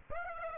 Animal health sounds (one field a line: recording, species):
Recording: mosquito wingbeat signal from an infrared sensor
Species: Aedes aegypti